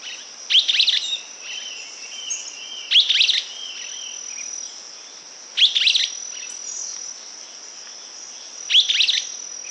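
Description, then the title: Streaked flycatcher calls repeated four times, roughly every two to three seconds, each a harsh squeaky burst, against a constant shrill insect buzz. Subspecies solitarius. "LuckyPassaro Completos2Sama. Streaked Flycatcher"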